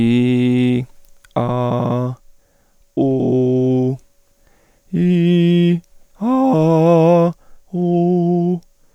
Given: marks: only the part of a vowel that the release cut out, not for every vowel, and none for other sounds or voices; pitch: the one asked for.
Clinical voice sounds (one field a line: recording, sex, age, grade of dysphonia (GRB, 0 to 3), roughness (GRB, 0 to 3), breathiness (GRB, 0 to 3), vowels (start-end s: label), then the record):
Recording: sustained vowels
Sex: male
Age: 30 to 39 years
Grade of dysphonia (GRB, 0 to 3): 2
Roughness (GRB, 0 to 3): 2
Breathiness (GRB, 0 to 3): 1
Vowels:
0.00-0.73 s: vowel /i/, normal pitch
1.40-2.06 s: vowel /a/, normal pitch
3.03-3.84 s: vowel /u/, normal pitch
5.02-5.70 s: vowel /i/, high pitch
6.55-7.18 s: vowel /a/, high pitch
7.80-8.51 s: vowel /u/, high pitch
From the record:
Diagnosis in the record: dysphonia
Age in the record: 37 years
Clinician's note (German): Organisch, Zustand nach Abtragung, Entzündung links, beginnender phonatorischer Stillstand links